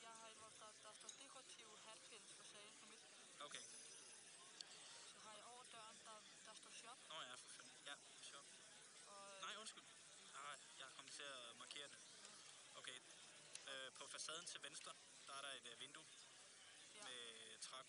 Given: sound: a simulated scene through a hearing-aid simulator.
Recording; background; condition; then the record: conversation; cafeteria; +4 dB SNR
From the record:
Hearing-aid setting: II (fast-acting compression, audibility-based gain, advanced features for about 2.5 dB of SNR improvement); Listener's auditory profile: C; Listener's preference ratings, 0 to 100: 27, 70, 83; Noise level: 65 dB SPL